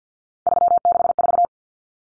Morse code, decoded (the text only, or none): 364